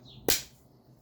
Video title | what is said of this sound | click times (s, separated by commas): 2012 – 2021 Land Rover Range Rover L405 5.0L Timing Failure and Repair - PART 2 of 3 - Engine Build | positive click. All right, let's get to the last stage of timing this. | 0.3 s